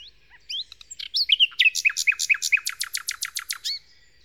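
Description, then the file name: Common nightingale song: scattered high whistles, then a fast series of loud repeated notes sweeping down from high pitch, ending with a soft whistle. Nightingale song in Kent, 2008. "nightingale-song-recorded-in-kent-2008-by-phil-riddett"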